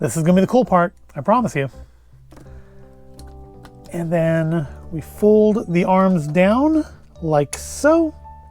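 Someone talks over background music while folding the plastic ride arms of a LEGO City Space Ride Amusement Truck (Kit 60313) down onto the truck's brick-built ride base. Only a few faint, short ticks of plastic handling are heard between the speech. The clip ends before the arms go home, so nothing has seated or clicked into place yet.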